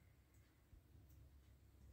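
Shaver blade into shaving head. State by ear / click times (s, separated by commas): not seated / none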